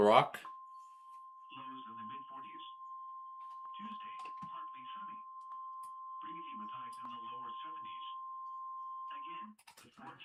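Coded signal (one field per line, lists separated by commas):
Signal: Emergency Alert System (SAME) tones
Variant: 1050 Hz attention tone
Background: speech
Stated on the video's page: Weekly test alert tones, presented live.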